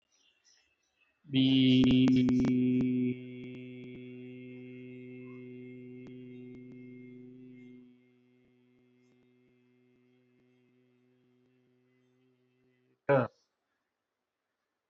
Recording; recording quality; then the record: sustained vowel as in beet; excellent, no background noise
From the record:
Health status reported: healthy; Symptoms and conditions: none ticked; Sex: male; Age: 43 years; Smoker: not ticked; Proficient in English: yes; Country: India